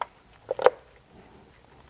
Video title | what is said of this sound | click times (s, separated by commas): VW MK7 GTI Oil Chage DIY and Kit | And it should should hear it pop all the way down. | 0.7 s